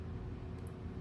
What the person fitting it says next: Uh, I threaded that one in and I heard a click, so that must be good.